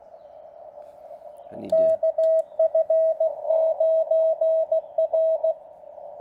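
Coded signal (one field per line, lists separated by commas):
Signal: Morse code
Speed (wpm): 17 wpm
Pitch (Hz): 690 Hz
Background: none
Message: KF9R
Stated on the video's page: Morse sent during a park activation from a TR45L Skinny radio with a Bamatech TP III key into an MC-750 vertical whip with four radials, mistakes included.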